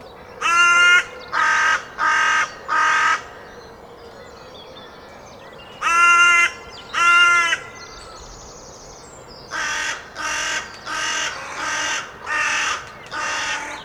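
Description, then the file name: Carrion crow giving harsh cawing calls in bursts: four caws, a pause, two caws, then a run of several rougher caws. "Corvus corone"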